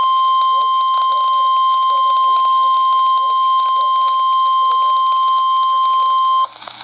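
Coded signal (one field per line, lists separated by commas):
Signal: Emergency Alert System (SAME) tones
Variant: 1050 Hz attention tone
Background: speech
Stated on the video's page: EAS alert tones from storm-related alerts over two days.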